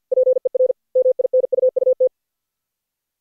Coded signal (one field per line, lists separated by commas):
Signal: Morse code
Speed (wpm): 53 wpm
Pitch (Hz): 510 Hz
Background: none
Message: PER MINUUT